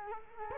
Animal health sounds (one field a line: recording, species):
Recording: mosquito wingbeat signal from an infrared sensor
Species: Culex quinquefasciatus